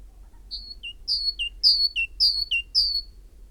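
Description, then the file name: Great tit song: a high, slightly falling whistle followed by a lower short note, the two-note pair repeated four times at a steady pace. "Parus major"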